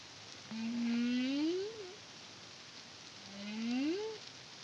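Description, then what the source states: Humpback whale song: two long rising moans, each climbing slowly and ending in a short upward twist, with harmonics above. Caribbean, CARIMAM project, 2023.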